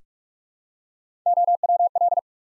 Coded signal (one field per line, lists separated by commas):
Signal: Morse code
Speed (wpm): 44 wpm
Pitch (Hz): 700 Hz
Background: none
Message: OWL